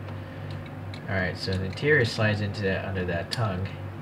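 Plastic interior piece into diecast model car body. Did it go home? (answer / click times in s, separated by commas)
no / none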